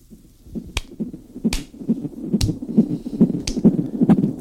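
Fetal heartbeat heard by Doppler ultrasound: the heartbeat of a baby boy inside his mother's womb.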